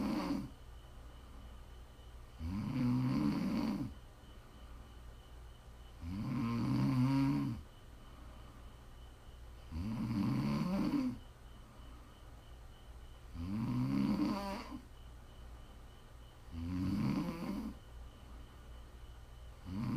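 ASMR snoring from a sleeping adult woman: low, buzzy, rattling snores come in a steady pattern, about 17 a minute, each lasting a second or so. Quiet pauses separate them, with a faint room hum underneath.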